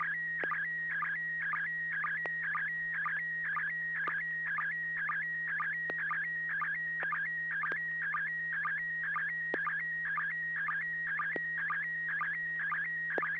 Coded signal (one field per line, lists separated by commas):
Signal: SSTV (slow-scan television)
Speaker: it it actually came through really well for me it's a super good resolution few pixelations I see